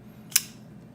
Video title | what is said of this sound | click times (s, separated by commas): The Spyderco Domino the last one of 2018! | it's pretty neat when it hits the top of the detent ramp it locks | 0.4 s